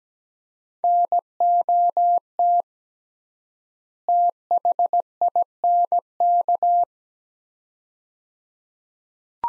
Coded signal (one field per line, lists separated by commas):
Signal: Morse code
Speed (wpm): 17 wpm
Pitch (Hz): 700 Hz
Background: none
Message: NOT THINK